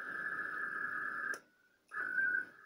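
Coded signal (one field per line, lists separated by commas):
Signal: HF data modem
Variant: ARDOP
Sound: two bursts of buzzing, hissy data tone around 1.5 kHz, separated by a brief pause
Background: radio static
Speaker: sending a checksum right now it's really hard to read but that's what it says down there and once it accepts the check so I'm gonna go ahead and transmit the actual message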